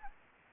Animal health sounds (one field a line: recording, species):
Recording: mosquito wingbeat signal from an infrared sensor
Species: Anopheles gambiae